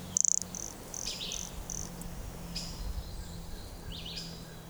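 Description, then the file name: Brachycephalus sulfuratus toadlet calls: a loud, high, rapidly pulsed buzzy note, then several fainter short high notes, over a steady low hum and faint bird calls. Recorded at Serra Água Limpa on 26 October 2011. "MHNCI Brachycephalus sulfuratus Serra Agua Limpa 26 out 2011 MRBornschein"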